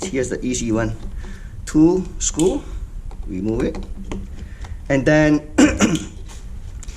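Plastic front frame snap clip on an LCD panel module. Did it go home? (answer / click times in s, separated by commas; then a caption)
released / 6.8 s. Someone talks while unclipping the plastic front frame of a TCG057QV1AC-G10 LCD panel module after removing two screws. A sharp click is heard at 6.8 s as the frame's snap-fit clip releases open.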